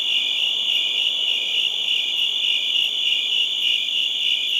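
Crickets chirping in a dense, steady chorus of high trills that overlap into a continuous ringing shimmer with no pauses.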